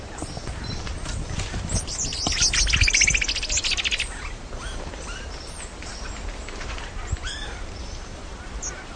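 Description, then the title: Tepui brush finch giving a short, rapid, high twittering phrase midway, surrounded by steady hiss and a few scattered faint calls. "LuckyPassaro Completos2Sama. Tepui Brush Finch"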